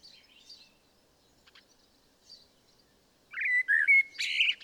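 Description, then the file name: Blackbird song: soft faint notes, then a short loud whistled warble and a harsh high twitter closing the phrase. "Turdus merula"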